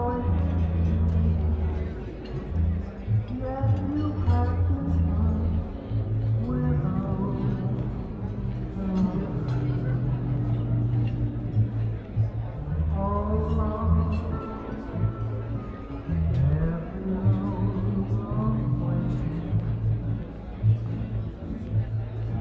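Oldie music plays steadily in a coffee shop, with a strong low bass line, sung melody, and light talking mixed throughout.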